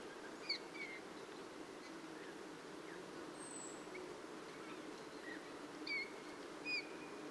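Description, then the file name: Eurasian bullfinch calls: a few faint, short fluted whistles, early and late, against constant low hiss. "Pyrrhula pyrrhula"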